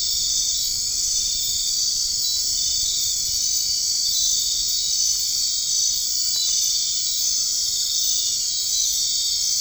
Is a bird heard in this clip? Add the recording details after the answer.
no. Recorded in dense forest near Puerto Asís, Putumayo, Colombia, on 21 March 2025 at 22:00. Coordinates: 0.485, -76.318. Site G056